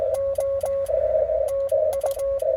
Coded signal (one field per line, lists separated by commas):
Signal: Morse code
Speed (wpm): 18 wpm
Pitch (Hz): 1100 Hz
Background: music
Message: O TU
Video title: RF BURNS, BLOWN QSOS AND BAD PROP, OH MY!! #cw #pota #parksontheair